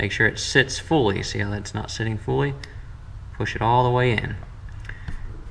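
A replacement retaining clip in a transmission cooler line fitting, not sitting fully at first, is pushed all the way into the fitting while someone talks. A sharp, short snap is heard at 4.9 s, and the clip is seated fully home.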